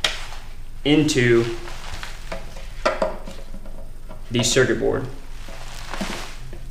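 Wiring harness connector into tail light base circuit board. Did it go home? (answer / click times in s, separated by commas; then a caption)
no / none. A plastic wiring harness connector is handled at the tail light base circuit board on a carbon fiber full rear fender conversion for a 2006-and-up Dyna motorcycle. Someone talks over short, light handling taps and rustles. The connector has not yet seated or clicked into the circuit board.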